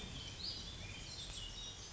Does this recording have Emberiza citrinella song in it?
no